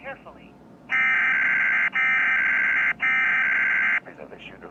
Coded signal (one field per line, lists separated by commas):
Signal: Emergency Alert System (SAME) tones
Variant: header bursts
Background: speech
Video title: funny WSCN EAS glitch on Victor reader trek